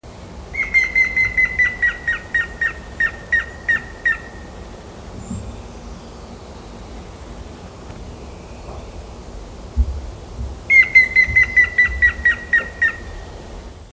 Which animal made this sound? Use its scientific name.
Picus canus